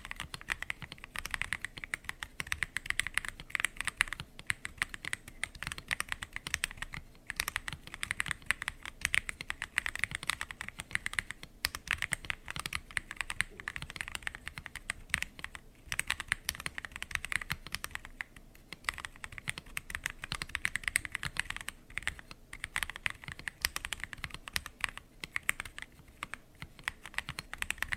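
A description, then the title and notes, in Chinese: Keyboard keys clatter in a dense, fairly steady run of typing, each press a crisp, bright click. The tapping carries on almost without pause for the whole stretch, with a few brief gaps around seven, sixteen and eighteen seconds. 让你困意大增的键盘触发音合集！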